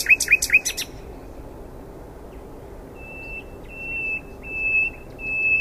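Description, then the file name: Common nightingale song: three sharp looping notes, a quiet pause, then a slow series of flat, pure whistles. "Luscinia megarhynchos"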